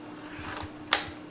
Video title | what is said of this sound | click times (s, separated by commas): Vactidy Cordless 6 in 1 Lightweight Stick Vacuum Cleaner Review | push it in just clicks into place | 0.9 s